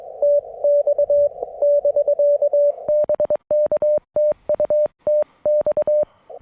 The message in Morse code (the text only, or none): TX <BK> BK TU TX